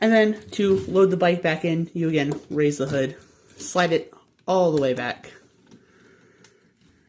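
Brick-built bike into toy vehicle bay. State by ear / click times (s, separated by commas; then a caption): seated / 6.4 s. Someone talks while a small plastic brick-built bike is slid all the way back into the front vehicle bay, under the raised hood, of a 2021 LEGO Ninjago 71737 X-1 Ninja Charger. The talking stops, and after a quiet pause a small plastic click at about 6.5 s marks the bike locking into place.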